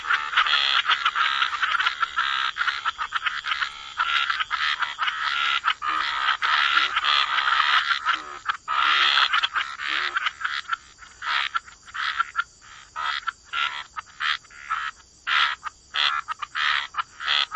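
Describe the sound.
Chorus of frogs with thick overlapping croaks at first, thinning later into separate rasping bursts.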